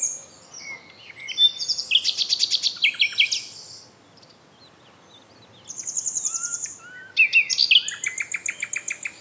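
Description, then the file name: Common nightingale song: rapid rattling trills of repeated notes in three bursts separated by pauses, mixed with whistled and buzzy phrases, over faint background hiss. "Luscinia megarhynchos"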